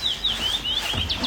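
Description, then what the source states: Common rosefinch singing a short whistled phrase of sliding notes, ending with two quick higher notes. Heard live during a 24-hour bird count at Glommers träsk; song rendered as 'pleased to meet you'; first species of Stefan Holmberg's shift.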